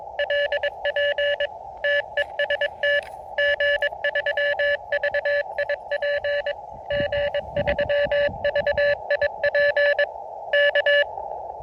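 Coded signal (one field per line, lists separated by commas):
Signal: Morse code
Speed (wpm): 22 wpm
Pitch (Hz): 560 Hz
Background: none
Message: LP TEST G3VIP G3VIP K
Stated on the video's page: Portable outdoor operation with Elecraft KX2 on a 3 m telescopic whip with vertical antenna clamp on an e-bike, in a forest that is not an official park.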